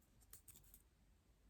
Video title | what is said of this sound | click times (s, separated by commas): Making the Cornish Backpack with Country Cow Designs | the rivet with the post and this is the little cap end and you should hear it click on like that | 0.3 s, 0.5 s